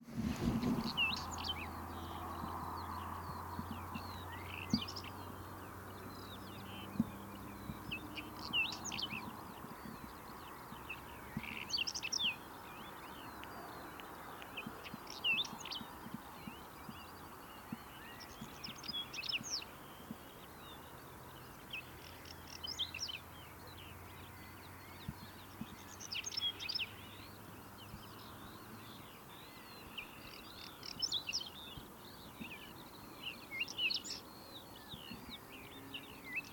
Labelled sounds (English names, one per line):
Whinchat song